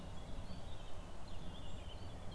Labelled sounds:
Eurasian Blackcap (Sylvia atricapilla)
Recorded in Germany
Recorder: ecoPi

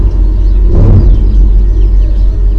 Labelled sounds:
Common Chaffinch (Fringilla coelebs)
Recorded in Germany
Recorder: ecoPi

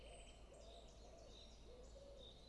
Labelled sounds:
Common Chiffchaff (Phylloscopus collybita)
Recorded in Germany
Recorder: ecoPi

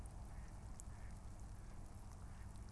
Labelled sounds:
Mallard (Anas platyrhynchos)
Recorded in Germany
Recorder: ecoPi

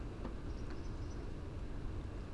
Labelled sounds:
Common Blackbird (Turdus merula)
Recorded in Germany
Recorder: ecoPi

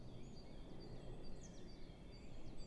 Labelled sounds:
Great Tit (Parus major)
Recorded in Germany
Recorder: ecoPi

